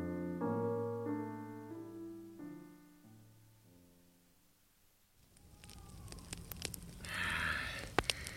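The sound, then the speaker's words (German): Soft sustained musical chords fade away, then a log fire in a fireplace crackles with irregular sharp pops and snaps over a steady low hiss, growing a little louder toward the end. “Das Feuer lustig prasselt.”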